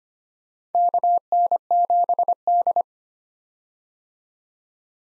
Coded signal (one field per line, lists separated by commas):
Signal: Morse code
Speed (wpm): 25 wpm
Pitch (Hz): 700 Hz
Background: none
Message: KN7D